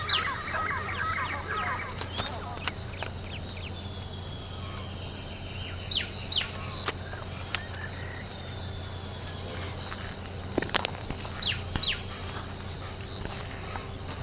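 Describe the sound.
Birds calling with scattered quick chirps and sharp descending whistles over a steady high insect-like whine and a low hum.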